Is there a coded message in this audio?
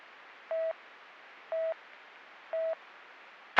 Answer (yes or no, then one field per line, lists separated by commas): no